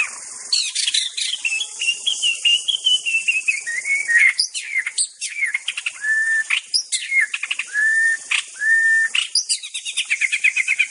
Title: Murai2. Suara burung murai batu asli hutan